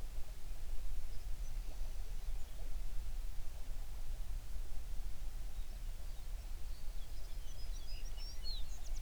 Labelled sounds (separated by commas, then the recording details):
songbird
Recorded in the Prudhoe Bay oil fields, Alaska, on 11 June 2019 at 04:34
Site 21